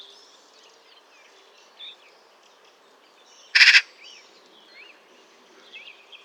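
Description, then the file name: Eurasian magpie making one brief, rasping chatter of rapid pulses midway, with soft whistled and chirping notes from other birds around it. "Pica pica"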